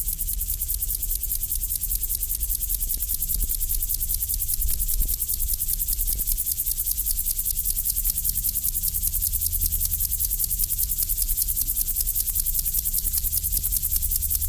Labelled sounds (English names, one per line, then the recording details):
Upland Field Grasshopper
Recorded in the wild
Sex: male
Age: imago
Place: Lübars, Berlin, DE
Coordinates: 52.6167, 13.35
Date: 1998-09-20 12:21
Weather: heiter, 20°C
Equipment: Marantz CP 430, Sennheiser ME 80, Kopie Uher 4000 Report Monitor
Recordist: Tembrock, Günter